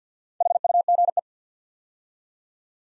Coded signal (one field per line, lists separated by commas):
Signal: Morse code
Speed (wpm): 50 wpm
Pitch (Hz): 700 Hz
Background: none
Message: HUGE